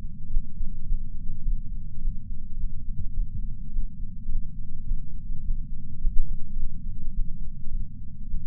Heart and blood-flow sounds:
heart sounds by patch sensor on the chest; 105 bpm
0.29 s: heartbeat
0.85 s: heartbeat
1.42 s: heartbeat
2.00 s: heartbeat
2.56 s: heartbeat
3.13 s: heartbeat
3.71 s: heartbeat
4.27 s: heartbeat
4.84 s: heartbeat
5.42 s: heartbeat
5.99 s: heartbeat
6.55 s: heartbeat
7.12 s: heartbeat
7.70 s: heartbeat
8.27 s: heartbeat
From the record:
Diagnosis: coronary artery disease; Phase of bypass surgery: postoperative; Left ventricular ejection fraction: 54.7%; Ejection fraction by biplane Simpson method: 51.3%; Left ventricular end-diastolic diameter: 46 mm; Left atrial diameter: 45 mm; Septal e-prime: 5.3 cm/s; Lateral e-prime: 7.1 cm/s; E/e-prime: 10.6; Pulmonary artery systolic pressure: 26 mmHg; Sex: male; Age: 58 years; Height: 182 cm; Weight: 89 kg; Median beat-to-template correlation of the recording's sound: 0.72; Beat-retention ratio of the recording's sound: 0.99

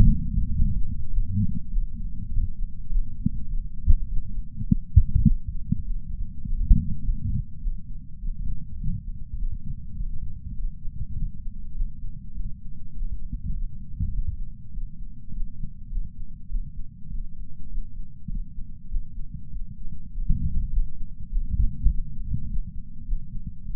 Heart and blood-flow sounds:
heart sounds by patch sensor on the chest; 101 bpm
0.52 s: heartbeat
1.11 s: heartbeat
1.71 s: heartbeat
2.31 s: heartbeat
2.90 s: heartbeat
3.49 s: heartbeat
4.08 s: heartbeat
4.67 s: heartbeat
5.26 s: heartbeat
5.85 s: heartbeat
6.45 s: heartbeat
7.03 s: heartbeat
7.61 s: heartbeat
8.21 s: heartbeat
8.79 s: heartbeat
9.38 s: heartbeat
9.97 s: heartbeat
10.57 s: heartbeat
11.16 s: heartbeat
11.75 s: heartbeat
12.35 s: heartbeat
12.94 s: heartbeat
13.54 s: heartbeat
14.13 s: heartbeat
14.73 s: heartbeat
15.32 s: heartbeat
15.91 s: heartbeat
16.50 s: heartbeat
17.10 s: heartbeat
17.70 s: heartbeat
18.30 s: heartbeat
18.90 s: heartbeat
19.51 s: heartbeat
20.12 s: heartbeat
20.71 s: heartbeat
21.30 s: heartbeat
21.90 s: heartbeat
22.48 s: heartbeat
23.06 s: heartbeat
23.65 s: heartbeat
From the record:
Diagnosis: coronary artery disease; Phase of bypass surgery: postoperative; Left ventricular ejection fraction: 62.1%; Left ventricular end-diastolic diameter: 45 mm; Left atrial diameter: 33 mm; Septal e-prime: 6.9 cm/s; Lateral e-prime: 10.6 cm/s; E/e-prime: 10.6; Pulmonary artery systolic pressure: 22 mmHg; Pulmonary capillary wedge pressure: 8 mmHg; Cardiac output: 5.1 L/min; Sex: female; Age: 52 years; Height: 163 cm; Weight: 80 kg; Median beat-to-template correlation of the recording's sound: 0.72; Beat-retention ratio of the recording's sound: 0.98

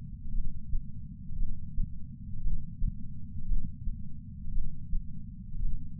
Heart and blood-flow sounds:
heart sounds by patch sensor on the chest; 57 bpm
0.34 s: heartbeat
1.38 s: heartbeat
2.42 s: heartbeat
3.47 s: heartbeat
4.53 s: heartbeat
5.61 s: heartbeat
From the record:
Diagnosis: coronary artery disease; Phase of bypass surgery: intraoperative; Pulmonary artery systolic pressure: 38 mmHg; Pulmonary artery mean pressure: 23 mmHg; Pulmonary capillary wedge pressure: 11 mmHg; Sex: male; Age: 74 years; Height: 175 cm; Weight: 66 kg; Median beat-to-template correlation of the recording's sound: 0.93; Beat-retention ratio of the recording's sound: 0.98

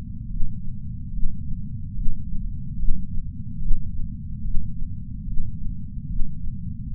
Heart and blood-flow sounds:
heart sounds by patch sensor on the chest; 73 bpm
0.26 s: heartbeat
1.10 s: heartbeat
1.92 s: heartbeat
2.76 s: heartbeat
3.58 s: heartbeat
4.40 s: heartbeat
5.23 s: heartbeat
6.06 s: heartbeat
6.88 s: heartbeat
From the record:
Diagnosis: coronary artery disease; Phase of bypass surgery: intraoperative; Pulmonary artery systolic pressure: 14 mmHg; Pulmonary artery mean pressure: 10 mmHg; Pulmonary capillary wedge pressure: 9 mmHg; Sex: female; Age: 74 years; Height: 160 cm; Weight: 64 kg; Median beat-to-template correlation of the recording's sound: 0.90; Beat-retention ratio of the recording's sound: 0.99

